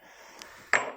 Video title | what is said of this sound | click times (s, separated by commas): #6 HOT-vlog: Engine back again, machines to rebuild | It'll get to this point and then it'll go bang, snap into place like so | 0.7 s